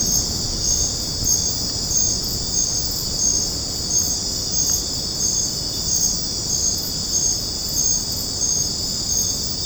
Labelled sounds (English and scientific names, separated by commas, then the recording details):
none
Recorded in secondary vegetation near Puerto Asís, Putumayo, Colombia, on 8 March 2025 at 21:00
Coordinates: 0.481, -76.318
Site G097